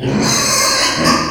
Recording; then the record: squeal of a Yucatan mini pig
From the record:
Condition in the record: before surgery on the right vocal fold (resection and tissue-engineered implant); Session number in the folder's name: 2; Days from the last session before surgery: 0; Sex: male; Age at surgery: 12 weeks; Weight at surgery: 13 kg